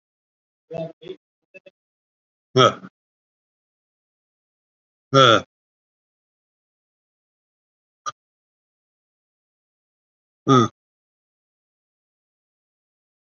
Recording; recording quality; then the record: deep breathing; poor, much background noise or distortion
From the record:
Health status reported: COVID-19 positive, mild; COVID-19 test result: positive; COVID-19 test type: RT-PCR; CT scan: taken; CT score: 2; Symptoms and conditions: cough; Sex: male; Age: 60 years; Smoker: no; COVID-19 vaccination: both doses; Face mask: worn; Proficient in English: no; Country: India